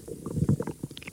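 Borborygmi heard close up over an adult abdomen: a run of low, bubbling stomach rumbles and gurgles that sounds a little like an ultrasound.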